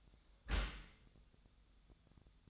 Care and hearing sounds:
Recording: daily activity, microphone in the room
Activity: close dishwasher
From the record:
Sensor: 3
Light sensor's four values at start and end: 7/17/7/6 and 7/17/7/6

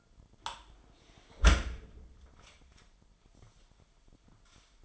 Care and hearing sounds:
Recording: daily activity, microphone in the room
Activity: close dishwasher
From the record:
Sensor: 5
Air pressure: 998.5 hPa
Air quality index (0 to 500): 80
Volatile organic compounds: 1 ppm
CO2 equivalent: 910 ppm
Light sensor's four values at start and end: 24/58/24/27 and 24/57/24/27

